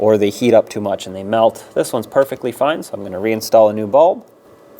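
A new marker bulb is being fitted into its bulb socket at the headlight of a 2012-2018 Nissan Altima, after the socket was checked and found perfectly fine. Someone talks over most of the clip, and it goes quiet near the end. Nothing has seated or clicked yet.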